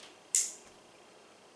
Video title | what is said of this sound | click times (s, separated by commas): Yssingeaux and Chatellerault French high end folding knives | that clicks in place. It's very, very solid. | 0.3 s